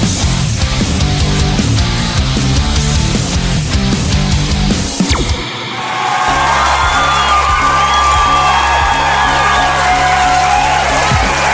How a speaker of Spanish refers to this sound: Regresa el Plus Plus con los gritos y aplausos de todo nuestro público.